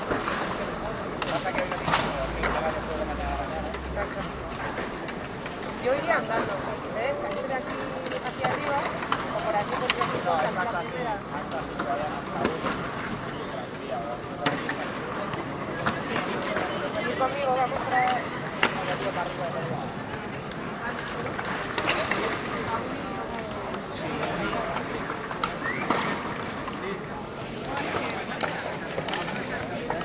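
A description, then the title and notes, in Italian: Skaters doing tricks in a square in Barcelona, with a constant wash of crowd chatter filling the scene. Sharp board clacks and landings pop out irregularly, about every few seconds, over a steady low rumble of rolling wheels and voices. Rumori di acrobazie di skaters in una piazza di Barcelona.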